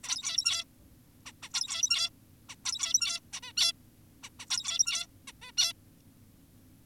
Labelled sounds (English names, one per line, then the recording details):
Zebra Finch
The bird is an adult
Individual g17y2U